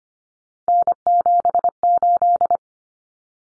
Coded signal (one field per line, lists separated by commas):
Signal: Morse code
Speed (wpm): 25 wpm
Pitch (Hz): 700 Hz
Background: none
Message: N78